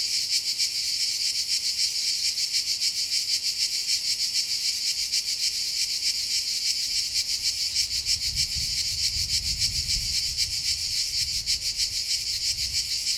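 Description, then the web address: Cicada chorus: an unbroken shrill buzzing drone with rapid rhythmic pulses, staying level throughout, while a soft low rumble rises for a while in the second half. Cicadas recorded at Castelvecchio di Rocca, Liguria, Italy. "impossible-music Cicadas-Castelvecchio Di Rocca,Liguria,Italy"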